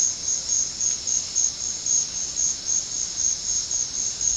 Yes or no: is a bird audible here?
no